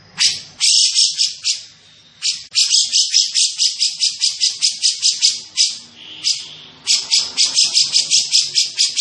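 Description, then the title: Grey-cheeked bulbul producing long, dense rattling runs of buzzy notes, interrupted by a couple of short pauses. Described as gacor, calling eagerly and often, with a dense, clear voice. "Cucak Jenggot Gacor, Suara Rapat Dan Jernih"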